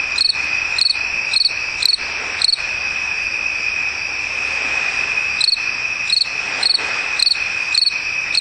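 Cricket chirping: short pulsed chirps at a steady pace, with a pause midway, over a continuous high trill.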